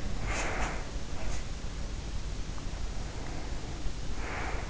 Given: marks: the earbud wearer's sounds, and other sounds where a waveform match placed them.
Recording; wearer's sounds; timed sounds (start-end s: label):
sounds in sleep by an in-ear microphone; breath
0.03-1.07 s: breath
2.85-4.62 s: breath